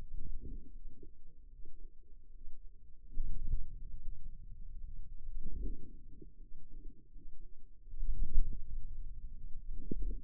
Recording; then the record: forearm muscle sounds (acoustic myography)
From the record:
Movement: ulnar deviation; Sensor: system 2, bracelet of six BSWA MPA416 microphones around the upper forearm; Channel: 3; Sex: female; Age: 23 years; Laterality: right